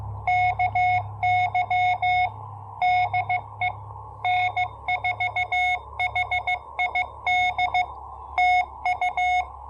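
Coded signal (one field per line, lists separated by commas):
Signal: Morse code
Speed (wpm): 15 wpm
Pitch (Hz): 730 Hz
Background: none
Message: KY DE N4HID TU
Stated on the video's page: POTA activation sent with new portable paddles, using Elecraft AX1 antenna.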